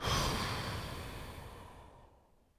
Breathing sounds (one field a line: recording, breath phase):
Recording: one breath near a microphone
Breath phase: exhalation